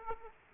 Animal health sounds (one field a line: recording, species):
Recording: mosquito wingbeat signal from an infrared sensor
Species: Aedes aegypti